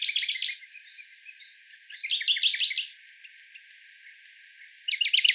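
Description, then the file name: Sakhalin leaf warbler singing rapid, high, buzzy note series in short bursts, with quieter thin calls in the gaps and a final burst at the end. Recorded 14 May 2014 on Tobishima. "karafutomuji tobishima mima"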